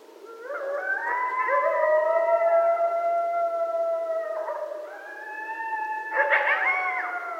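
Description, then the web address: Coyotes howling, several long smooth drawn-out notes overlapping, some rising then holding steady, with a brief break and a fresh higher howl near the end. Several coyotes; recorded 13 November 2012. "Coyote 2012 11 13 Coyotes"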